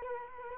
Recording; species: mosquito wingbeat signal from an infrared sensor; Culex quinquefasciatus